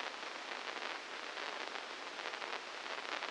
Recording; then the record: brain microelectrode recording played as sound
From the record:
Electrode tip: inside the subthalamic nucleus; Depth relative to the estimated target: -1 mm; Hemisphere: left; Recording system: NeuroSet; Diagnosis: Parkinson's disease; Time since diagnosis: 15 years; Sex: female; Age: 59 years